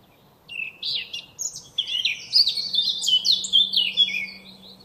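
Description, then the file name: Eurasian blackcap delivering a warbling phrase that grows steadily louder into a bright, whistled run of notes. "Sylvia atricapilla"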